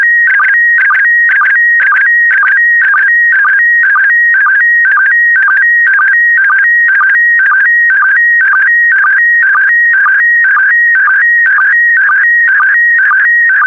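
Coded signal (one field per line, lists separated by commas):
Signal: SSTV (slow-scan television)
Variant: PD120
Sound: warbling tone around 1.5-1.9 kHz repeating about twice a second with short low blips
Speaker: Starting transmission in 5, 4, 3, 2, 1. Transmission complete. You can now check your decoded image against the picture that is shown on the video.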